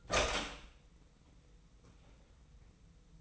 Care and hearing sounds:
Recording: daily activity, microphone in the room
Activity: open door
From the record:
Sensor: 1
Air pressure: 990.5 hPa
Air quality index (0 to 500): 160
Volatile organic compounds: 1000 ppm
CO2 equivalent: 5823 ppm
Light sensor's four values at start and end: 33/74/32/35 and 32/73/32/34

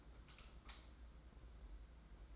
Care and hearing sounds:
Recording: daily activity, microphone in the room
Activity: light off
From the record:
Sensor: 3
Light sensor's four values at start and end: 23/62/26/22 and 16/37/15/14

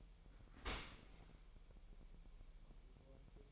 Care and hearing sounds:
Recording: daily activity, microphone in the room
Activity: open dishwasher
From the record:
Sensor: 1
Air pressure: 1000.6 hPa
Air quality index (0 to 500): 248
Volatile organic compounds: 145 ppm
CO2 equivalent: 4001 ppm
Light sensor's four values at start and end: 11/28/11/12 and 11/28/11/12

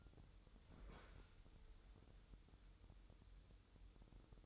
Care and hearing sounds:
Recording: daily activity, microphone in the room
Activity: open fridge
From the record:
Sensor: 3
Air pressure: 988.4 hPa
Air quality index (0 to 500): 192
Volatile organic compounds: 279 ppm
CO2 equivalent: 4432 ppm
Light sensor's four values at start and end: 24/75/31/27 and 24/75/31/27

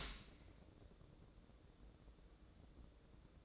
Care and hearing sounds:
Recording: daily activity, microphone in the room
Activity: open dishwasher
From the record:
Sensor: 3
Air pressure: 1012.3 hPa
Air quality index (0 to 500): 152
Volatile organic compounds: 2 ppm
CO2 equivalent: 1171 ppm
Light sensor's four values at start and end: 526/1291/533/529 and 524/1287/531/527

